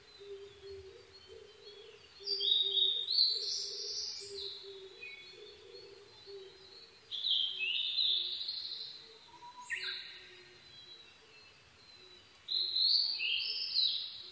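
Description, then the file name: Blue-and-white flycatcher song: three bright whistled phrases, each about two seconds, spaced roughly five seconds apart, with a low repeated tone beneath. Recorded 22 May 2011 at 04:34. "ooruri-20110522-0434"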